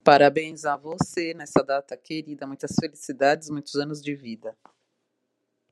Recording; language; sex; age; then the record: short text; Brazilian Portuguese; female; 50 to 59 years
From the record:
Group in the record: control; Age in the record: 52 years